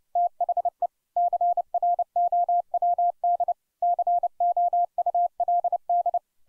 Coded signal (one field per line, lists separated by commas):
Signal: Morse code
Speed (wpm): 29 wpm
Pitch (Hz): 700 Hz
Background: none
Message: THE CROWD COULD